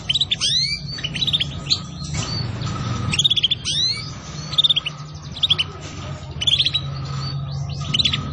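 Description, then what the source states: Atlantic canary song, sharp sweeping whistles and clusters of chirps recurring in short bursts against a constant low hum. Song used as a lure to attract birds.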